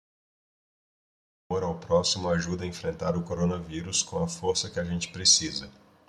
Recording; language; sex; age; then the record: spoken sentence; Brazilian Portuguese; male; 30 to 39 years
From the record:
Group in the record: control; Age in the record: 39 years